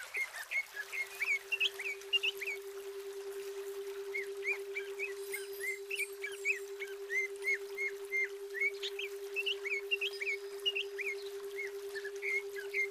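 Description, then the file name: Greater green leafbird singing a busy stream of sharp, slurred chirps in loose clusters, nearly continuous throughout, with a constant low hum underneath. Female. "terapi alam cucak ijo betina"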